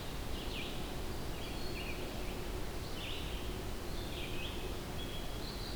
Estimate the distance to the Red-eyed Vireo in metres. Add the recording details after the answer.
about 90 m. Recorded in boreal forest in Alberta, Canada, on 25 June 2016 at 08:45. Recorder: SongMeter 3, array SBT-6-76. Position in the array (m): 183 m, 87 m